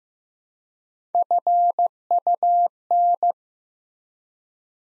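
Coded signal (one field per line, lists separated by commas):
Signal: Morse code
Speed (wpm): 15 wpm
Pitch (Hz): 700 Hz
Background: none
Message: FUN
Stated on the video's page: Morse practice at 15 wpm building 4-letter words one letter at a time, for instant character recognition.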